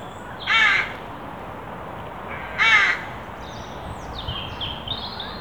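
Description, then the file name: Carrion crow giving two harsh, hoarse caws about two seconds apart, followed by faint high thin calls of other birds. "Corvus corone"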